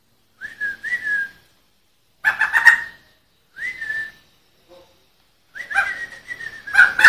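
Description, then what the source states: Sumatran laughingthrush song: short whistled phrases near one pitch, broken by harsh chattering bursts, repeated in several spaced groups. Song in the rolling style called ngerol.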